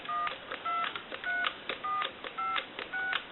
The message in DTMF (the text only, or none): 123456